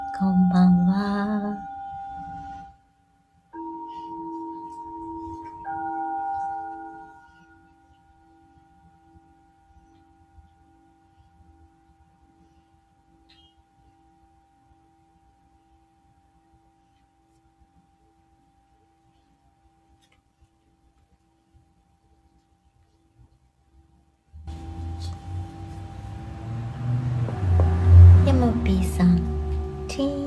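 A singing bowl is struck and rings with a steady, pure tone that slowly fades over about twenty seconds after a brief murmur of voice near the start. Around 25 seconds a louder, busier passage of low rumbling and clattering sounds enters and continues.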